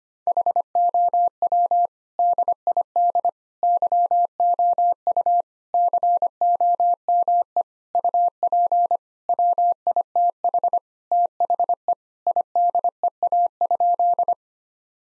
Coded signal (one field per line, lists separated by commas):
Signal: Morse code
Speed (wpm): 25 wpm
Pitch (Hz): 700 Hz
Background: none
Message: HOW DID YOU COME UP WITH THE IDEA?